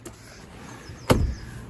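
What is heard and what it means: In the cargo area of a Porsche Cayenne 3.0T V6 Tiptronic S, the seat button is pressed again to unlock the folded rear seat back. After a faint tick at the start and a quiet stretch, the rear seat back latch releases with a sharp snap at 1.1 s, and the seat back springs free.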